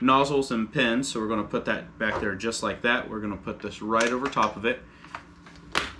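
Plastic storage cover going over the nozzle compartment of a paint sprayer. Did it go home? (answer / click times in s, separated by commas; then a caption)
yes / 5.8 s. A plastic storage cover is pressed over the spare nozzles and pins stored in the back of a Topshak paint sprayer while someone talks. After some faint handling sounds, the cover snaps into place with a sharp click at 5.8 s.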